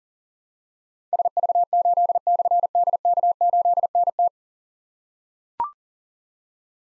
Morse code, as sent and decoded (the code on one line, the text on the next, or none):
... ...- ---.. -..-. -.. -.- ---.. -. -
SV8/DK8NT